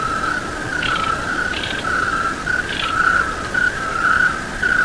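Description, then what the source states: Cricket chirping: a continuous wavering trill holds a steady pitch, joined by a few short higher rasping bursts amid broad noise. Night sounds with crickets.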